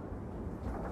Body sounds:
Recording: background sound without coughing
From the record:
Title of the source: Train Ride Ambience ambient white noise for sleeping, focus, studying, reading

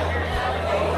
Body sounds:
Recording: background sound without coughing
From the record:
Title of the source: CITY SOUNDS Busy Bar in the Evening Night - 2 HOURS of Ambiance for Relaxation

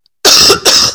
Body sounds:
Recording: coughing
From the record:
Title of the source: November cold (wet coughing)

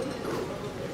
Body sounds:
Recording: coughing mixed with background sound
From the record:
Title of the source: Coughing 77

